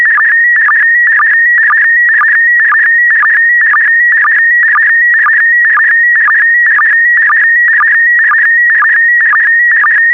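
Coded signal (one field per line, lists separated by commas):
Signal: SSTV (slow-scan television)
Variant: PD120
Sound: warbling tone around 1.9 kHz with rhythmic sync chirps about twice a second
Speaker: the next image transmission will start in 10 seconds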